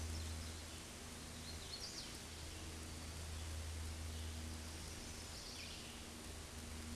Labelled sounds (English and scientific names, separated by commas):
Hooded Warbler (Setophaga citrina) song